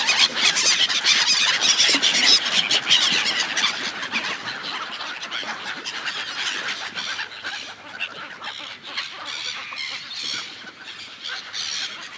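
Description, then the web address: Gulls squealing in a dense, overlapping chorus of high, harsh cries, loudest early on and thinning slightly toward the end. "best service Blue Box birds seagulls"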